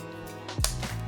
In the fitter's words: This little flip lock here will unlock the automatic lock for the thing so you can move forward